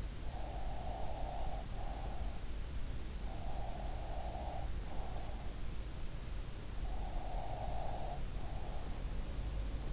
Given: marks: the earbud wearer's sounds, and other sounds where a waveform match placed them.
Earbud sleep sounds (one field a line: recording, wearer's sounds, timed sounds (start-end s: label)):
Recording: sounds in sleep by an in-ear microphone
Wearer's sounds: breath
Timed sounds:
0.00-2.48 s: breath
2.96-5.61 s: breath
7.05-9.21 s: breath